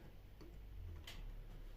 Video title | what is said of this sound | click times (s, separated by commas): Creality Ender 5 - S1 - Unboxing, Build & Review #3d #3dprinting #3dprinter #3dpuk | that just pushes and Clicks in place like so | 1.1 s